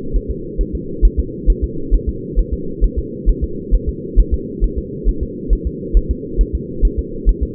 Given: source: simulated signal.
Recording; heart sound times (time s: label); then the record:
fetal heart sounds
0.16 s: S1
0.30 s: S2
0.61 s: S1
0.75 s: S2
1.05 s: S1
1.19 s: S2
1.50 s: S1
1.64 s: S2
1.95 s: S1
2.09 s: S2
2.39 s: S1
2.54 s: S2
2.84 s: S1
2.98 s: S2
3.30 s: S1
3.44 s: S2
3.75 s: S1
3.89 s: S2
4.20 s: S1
4.34 s: S2
4.64 s: S1
4.78 s: S2
5.09 s: S1
5.23 s: S2
5.53 s: S1
5.67 s: S2
5.97 s: S1
6.11 s: S2
6.41 s: S1
6.55 s: S2
6.85 s: S1
6.99 s: S2
7.29 s: S1
7.43 s: S2
From the record:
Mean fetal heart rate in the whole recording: 135 bpm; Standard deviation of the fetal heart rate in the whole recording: 3 bpm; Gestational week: 36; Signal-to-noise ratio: -4.3 dB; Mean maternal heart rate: 72 bpm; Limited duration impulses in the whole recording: absent